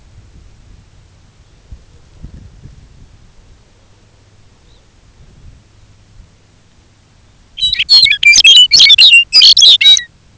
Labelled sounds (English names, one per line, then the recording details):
unidentified sound
Lapland Longspur
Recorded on Arctic tundra, site UTQI-5, on 19 June 2019
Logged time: 22:00